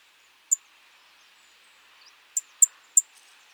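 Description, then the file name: European robin uttering short, high, piercing notes: one note, then three in quick succession near the end, with faint background hiss. "Erithacus rubecula"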